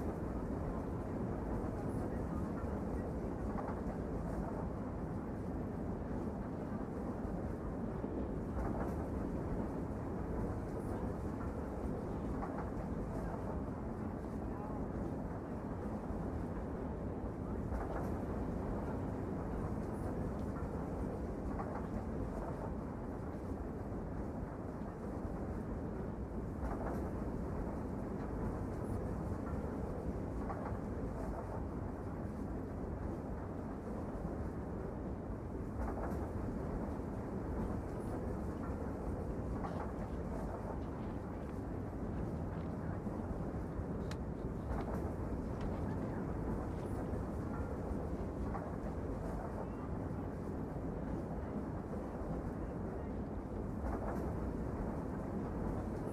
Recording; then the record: background sound without coughing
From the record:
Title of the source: Train Ride Ambience ambient white noise for sleeping, focus, studying, reading